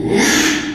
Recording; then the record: squeal of a Yucatan mini pig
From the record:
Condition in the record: after surgery on the right vocal fold (resection and tissue-engineered implant); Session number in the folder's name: 3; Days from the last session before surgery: 33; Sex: male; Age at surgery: 12 weeks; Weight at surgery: 13 kg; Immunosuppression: cyclosporine, prednisolone